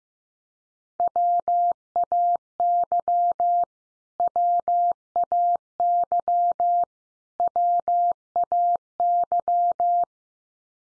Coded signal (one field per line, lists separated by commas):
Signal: Morse code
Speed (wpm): 15 wpm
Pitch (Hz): 700 Hz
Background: none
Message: WAY WAY WAY